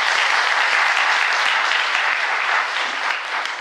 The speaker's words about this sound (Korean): 오늘 정말 여기 오셔가지고 다음 일정 빠듯하게 잡혀있는데 좋은 말씀 같이 해주셔서 정말 감사드립니다. 박수 한번 드립니다.